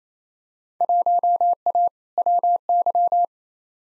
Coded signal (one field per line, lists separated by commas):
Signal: Morse code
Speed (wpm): 28 wpm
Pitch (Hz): 700 Hz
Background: none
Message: 1A WY